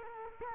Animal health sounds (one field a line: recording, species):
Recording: mosquito wingbeat signal from an infrared sensor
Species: Culex quinquefasciatus